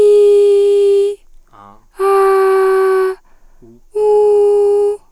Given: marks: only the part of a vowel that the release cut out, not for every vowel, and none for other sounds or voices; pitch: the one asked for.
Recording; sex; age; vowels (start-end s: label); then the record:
sustained vowels; female; 40 to 49 years
0.00-1.01 s: vowel /i/, normal pitch
2.10-3.03 s: vowel /a/, normal pitch
4.08-4.84 s: vowel /u/, normal pitch
From the record:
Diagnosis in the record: psychogenic dysphonia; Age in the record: 41 years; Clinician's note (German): Psychogene Dysphonie